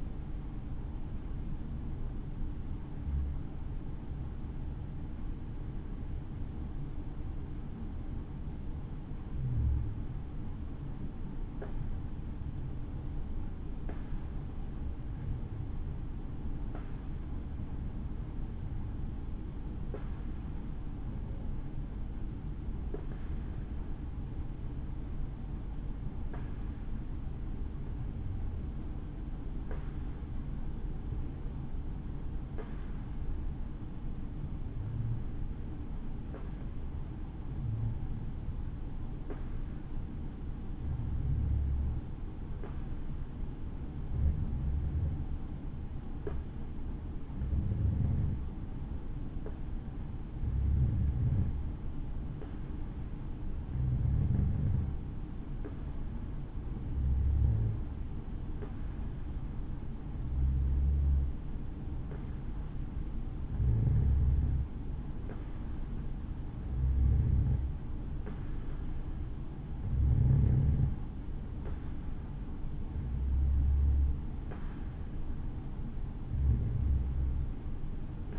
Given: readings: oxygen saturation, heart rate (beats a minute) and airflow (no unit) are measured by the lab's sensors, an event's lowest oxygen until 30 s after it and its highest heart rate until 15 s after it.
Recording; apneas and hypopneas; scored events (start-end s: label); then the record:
breathing in sleep by a smartphone at the bedside; 1
4.00-45.70 s: hypopnea (N2, oxygen 94% highest, then 91% lowest, heart rate 63 at the start, 68 highest)
From the record:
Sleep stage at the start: N2 (light sleep); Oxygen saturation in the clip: 91 to 94%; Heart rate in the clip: 62 to 68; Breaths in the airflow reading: 24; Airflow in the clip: -5.5 to 4.6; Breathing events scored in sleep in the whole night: 216 in 7.0 hours asleep